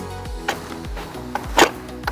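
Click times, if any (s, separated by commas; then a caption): none. A removable lithium battery pack is lined up on its tracks and slid toward the frame of a Jazzy Carbon HD folding power wheelchair, over a steady tonal background with rhythmic low sweeps. Short knocks and scrapes of handling sound at about 0.5 s, 1.4 s, 1.6 s and 2.1 s. The clip ends before the pack goes home, so nothing has seated or clicked yet.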